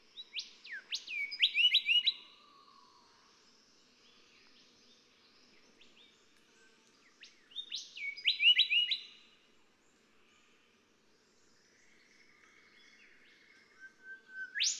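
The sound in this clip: Golden whistler singing two loud phrases of whistled notes with sharp sweeps, then quieter notes and a final rising whip.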